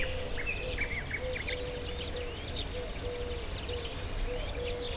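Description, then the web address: Many birds chirp and twitter together in a busy mixed chorus, with short low humming notes repeating beneath and a constant low background rumble. Hortobágy fishponds, Hungary, 2014; at the inner terminal station of the narrow-gauge railway; diverse birdlife. "hanggyujtemeny kisvasut hortobagyihalastavak 2014 termeszet sokszinumadarvilag belsovegallomas"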